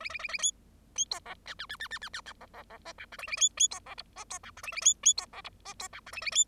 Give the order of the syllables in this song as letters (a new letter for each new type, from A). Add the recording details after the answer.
A A A A B B C D E E E E E E E E D D D F G H A A B B C D I F C G H A A B B C D I F C G H A A B. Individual Bird0